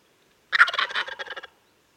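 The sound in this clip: Wild turkey gobble, a rapid rattling burst of throaty notes lasting about one second, starting abruptly and breaking into quick pulses before stopping, with silence around it.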